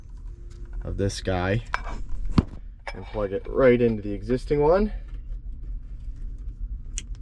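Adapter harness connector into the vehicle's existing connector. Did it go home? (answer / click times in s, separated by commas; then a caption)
yes / 7.0 s. While installing an AliExpress CarPlay unit in a 2014 Acura MDX, someone talks as they plug the female end of the adapter harness into the car's existing plastic wiring connector. A sharp tap is heard around 2.4 s. The connector clicks in at 7.0 s with a short, sharp click, and it is seated.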